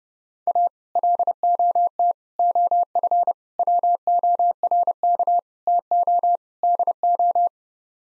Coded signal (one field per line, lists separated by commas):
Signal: Morse code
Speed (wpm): 29 wpm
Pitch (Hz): 700 Hz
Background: none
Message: A LOT OF WORK TO DO